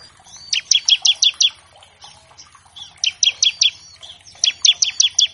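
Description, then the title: Bar-winged Prinia song: three quick bursts of several sharp, high, downslurred chips, separated by brief pauses with faint twittering. Energetic (gacor) bar-winged prinia in a master track used to tutor captive birds of all kinds; used as a lure to make untrained prinias start singing quickly. "Masteran Ciblek Gacor Vs Kenari Gacor Untuk Masteran Semua Jenis Burung. Pancingan Ciblek bahan agar cepat bunyi. Burung Ciblek"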